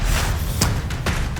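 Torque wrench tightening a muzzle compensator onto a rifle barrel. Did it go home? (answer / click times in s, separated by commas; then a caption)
no / none. A torque wrench tightens a SureFire Warcomp muzzle compensator onto the rifle barrel thread, deliberately held under 30 so the part stays lined up square, over steady background music. A sharp thud at 0.6 s and a softer knock at 0.9 s sound, but the wrench has not clicked over, and the torque setting has not been reached.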